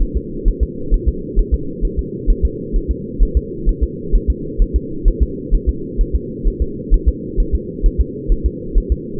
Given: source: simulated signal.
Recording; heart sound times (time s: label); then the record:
fetal heart sounds
0.02 s: S1
0.17 s: S2
0.48 s: S1
0.63 s: S2
0.94 s: S1
1.08 s: S2
1.39 s: S1
1.54 s: S2
1.85 s: S1
1.99 s: S2
2.30 s: S1
2.45 s: S2
2.76 s: S1
2.91 s: S2
3.23 s: S1
3.37 s: S2
3.69 s: S1
3.83 s: S2
4.15 s: S1
4.30 s: S2
4.62 s: S1
4.76 s: S2
5.08 s: S1
5.22 s: S2
5.54 s: S1
5.69 s: S2
6.01 s: S1
6.16 s: S2
6.48 s: S1
6.62 s: S2
6.94 s: S1
7.08 s: S2
7.40 s: S1
7.55 s: S2
7.86 s: S1
8.00 s: S2
8.32 s: S1
8.46 s: S2
8.78 s: S1
8.92 s: S2
From the record:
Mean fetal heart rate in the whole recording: 130 bpm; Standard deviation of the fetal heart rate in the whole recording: 2 bpm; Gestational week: 38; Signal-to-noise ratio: -4.3 dB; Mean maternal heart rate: 72 bpm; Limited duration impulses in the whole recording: absent